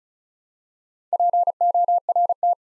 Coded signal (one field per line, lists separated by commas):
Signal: Morse code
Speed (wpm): 36 wpm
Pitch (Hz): 700 Hz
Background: none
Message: PORT